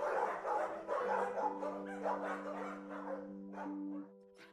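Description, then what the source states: Dog barking in a run of rough barks, with steady droning tones underneath and a quieter tail. Recorded inside a dog boarding house.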